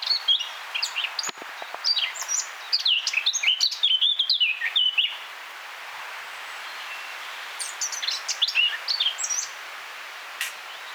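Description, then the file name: Eurasian blackcap warbling song, rapid varied high notes in two bursts, first from the start to about five seconds, then another around seven and a half to nine and a half seconds. "Sylvia atricapilla"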